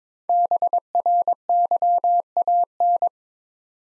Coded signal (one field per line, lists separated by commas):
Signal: Morse code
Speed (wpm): 22 wpm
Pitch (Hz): 700 Hz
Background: none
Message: BRYAN